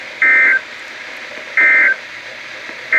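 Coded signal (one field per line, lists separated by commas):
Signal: Emergency Alert System (SAME) tones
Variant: end-of-message bursts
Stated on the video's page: NOAA Weather Radio required weekly tests, received at home.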